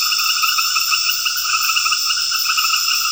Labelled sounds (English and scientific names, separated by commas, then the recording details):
none
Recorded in dense forest near Puerto Asís, Putumayo, Colombia, on 18 February 2024 at 20:30
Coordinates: 0.496, -76.326
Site G6383